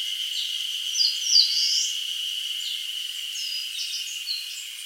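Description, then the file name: Eastern crowned warbler phrase of slurred notes ending in a buzzy rising note, then faint scattered high notes, against a constant shrill hum. "Phylloscopus coronatus"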